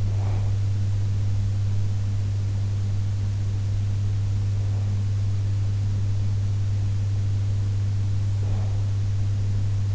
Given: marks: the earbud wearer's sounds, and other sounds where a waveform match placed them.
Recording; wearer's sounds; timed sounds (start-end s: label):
sounds in sleep by an in-ear microphone; breath
0.00-0.78 s: breath
8.34-9.16 s: breath